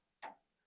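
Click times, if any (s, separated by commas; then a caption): 0.2 s. A technician presses the white locking tab on a plastic wiring harness connector at the noise filter assembly of an LG washer that has no power, releasing it so it can be pulled out. A single sharp click sounds at 0.2 s, then fades quickly. The connector tab clicks open and the connector is released.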